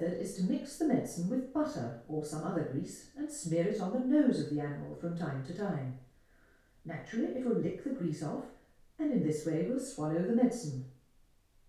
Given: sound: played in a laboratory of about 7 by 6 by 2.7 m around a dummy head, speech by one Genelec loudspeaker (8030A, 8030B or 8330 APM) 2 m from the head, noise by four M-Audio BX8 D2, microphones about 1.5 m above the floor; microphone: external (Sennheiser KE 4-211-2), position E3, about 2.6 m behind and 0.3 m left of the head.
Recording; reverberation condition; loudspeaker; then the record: female speech in English; medium; 120 degrees to the right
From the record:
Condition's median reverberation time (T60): about 510 ms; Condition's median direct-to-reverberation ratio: about -0.5 dB